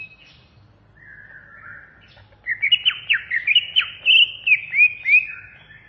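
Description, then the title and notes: Greater green leafbird song: a soft warbling start, then from halfway a rich run of sweet whistles, slurred notes and chattering phrases, fairly loud and continuous. "Suara Kicauan Burung Cucak Ijo Durasi Panjang"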